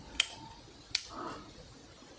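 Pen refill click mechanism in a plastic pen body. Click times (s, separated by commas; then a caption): 0.2 s. The click button on a plastic novelty toy pen is pressed, and the retractable refill comes out and locks in the writing position at 0.2 s with a sharp, bright click. A second sharp click follows at about 1.0 s, then a soft, brief rustle before the clip fades to quiet background.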